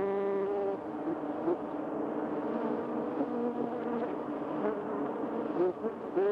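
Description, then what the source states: Bee buzzing, a droning hum that starts steady, then shifts and wobbles in pitch. Recorded 28 May 2005.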